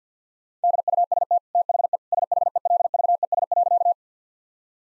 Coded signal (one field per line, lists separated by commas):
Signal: Morse code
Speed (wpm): 50 wpm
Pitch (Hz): 700 Hz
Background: none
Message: DUST THE SHELVES.